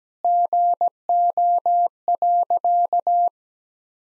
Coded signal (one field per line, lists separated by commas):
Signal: Morse code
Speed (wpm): 17 wpm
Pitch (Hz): 700 Hz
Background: none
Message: GO.